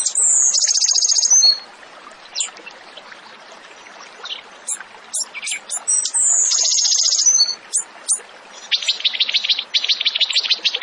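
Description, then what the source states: Tembakan bird song: a long buzzy trill, sparse high chips, a second trill, then a fast repeated rattling series near the end. Masteran training recording for songbirds; the bird is described as gacor, singing often and energetically.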